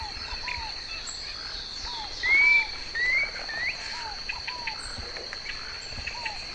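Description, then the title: Planalto Tyrannulet song: two clear, rising whistled notes under a second apart, over a steady high insect drone and soft, lower arched notes. "LuckyPassaro Completos2Sama. Planalto Tyrannulet (Phyllomyias fasciatus)"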